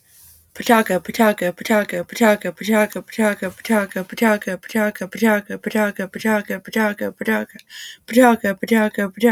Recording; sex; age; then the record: repeated syllables /pa ta ka/; female; 20 to 29 years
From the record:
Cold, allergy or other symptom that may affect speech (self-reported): no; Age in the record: 28 years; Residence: United States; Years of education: 12